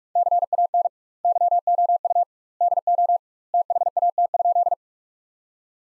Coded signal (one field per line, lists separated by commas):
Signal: Morse code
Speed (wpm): 42 wpm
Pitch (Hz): 700 Hz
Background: none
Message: CAN YOU DO THAT?